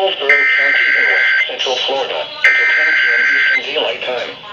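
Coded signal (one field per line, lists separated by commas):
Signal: Emergency Alert System (SAME) tones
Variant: header bursts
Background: speech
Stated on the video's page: Tornado warnings received from NOAA weather radio transmitters and the 107.3 and 105.5 FM stations.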